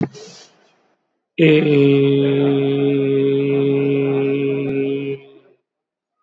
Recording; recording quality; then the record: sustained vowel as in made; excellent, no background noise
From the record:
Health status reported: COVID-19 positive, mild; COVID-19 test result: positive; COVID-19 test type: RT-PCR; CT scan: not taken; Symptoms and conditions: sore throat, hypertension, diabetes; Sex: male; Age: 50 years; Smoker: no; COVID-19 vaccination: both doses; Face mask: not worn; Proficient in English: yes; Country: India